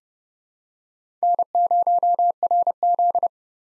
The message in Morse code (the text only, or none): N0RZ